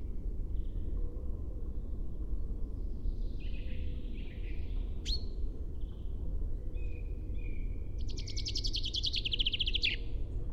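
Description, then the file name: Common chaffinch: scattered soft notes and a sharp call, then a fast descending trill near the end, with constant low rumbling noise. "Fringilla coelebs"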